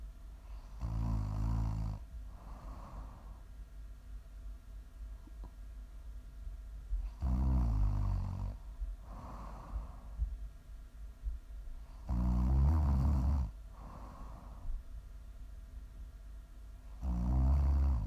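ASMR snoring from an adult sleeper: low-pitched, rumbling snores on each breath in, about 12 per minute, with quieter breaths out between them.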